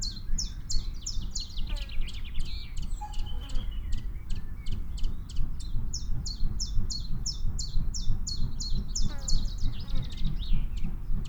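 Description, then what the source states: Common chiffchaff song: quick, high, clipped notes alternating up and down, in runs broken by a pause with other bird sounds, over a constant low rumble. Adult bird singing.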